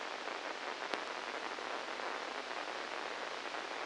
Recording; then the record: brain microelectrode recording played as sound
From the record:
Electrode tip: inside the subthalamic nucleus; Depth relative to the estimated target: 1 mm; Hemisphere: left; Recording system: NeuroSet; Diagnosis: Parkinson's disease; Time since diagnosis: 10 years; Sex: male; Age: 63 years